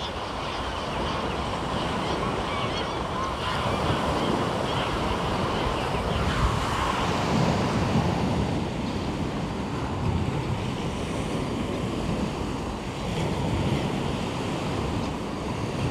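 Steady, dense wash of waves along the Omø coastline, rumbling low and hissing throughout, with gusty wind swelling around the middle.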